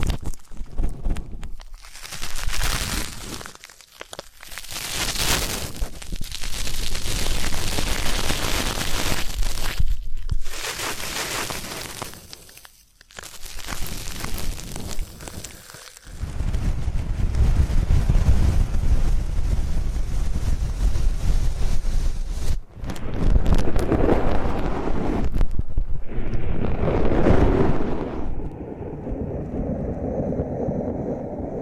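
Ear canal cleaning sounds: loud, dense rubbing and scratching against the microphone, broken by brief silent gaps around 2, 4, 10, 13 and 16 seconds. After about 23 seconds come a few whooshing swells, then a steadier, duller rumble with a faint high tone.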